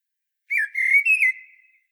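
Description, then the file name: Common blackbird giving a short fluty whistled phrase: a dipping note, then two rich sustained notes that fade away, against silence. "Turdus merula"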